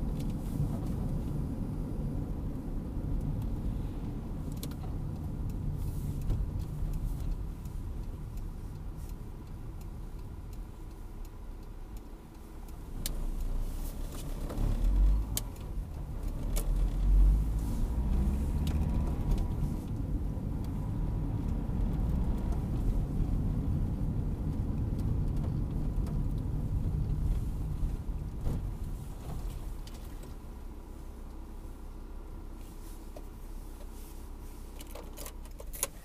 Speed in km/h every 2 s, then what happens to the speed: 37, 31, 23, 16, 11, 4, 3, 7, 15, 23, 27, 32, 31, 27, 17, 9, 4, 4.
0-11 slows to 3. 11-22 speeds up to 32. 22-36 slows to 4.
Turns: none.